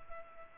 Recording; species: mosquito wingbeat signal from an infrared sensor; Culex pipiens